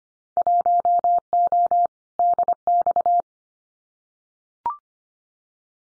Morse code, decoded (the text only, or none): 1O DX